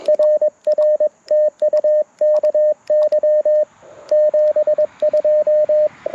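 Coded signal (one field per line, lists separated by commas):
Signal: Morse code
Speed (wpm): 21 wpm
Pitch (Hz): 590 Hz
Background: radio noise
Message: RR TU KY 72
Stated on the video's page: QRP CW Parks on the Air activation at sunrise using a Mountain Topper MTR4B V2, Chelegance MC-750 antenna and BaMaKeY TP-III paddles.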